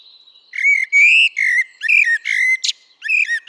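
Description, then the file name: Eurasian blackbird singing loud, rich, melodious whistled phrases of slurred notes in a steady series, with one brief high squeaky flourish near the end. "Turdus merula"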